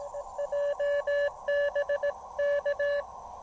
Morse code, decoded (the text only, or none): JBK